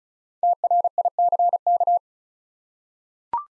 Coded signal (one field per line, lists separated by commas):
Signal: Morse code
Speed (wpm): 36 wpm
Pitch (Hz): 700 Hz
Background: none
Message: TRICK